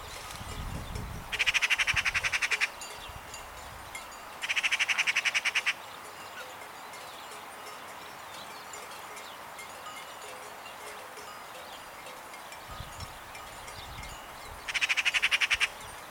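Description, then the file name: Eurasian magpie chatter, three harsh rattling bursts of rapid clicks, each about a second long, spaced several seconds apart over steady background hiss and low rumble. "Pica pica"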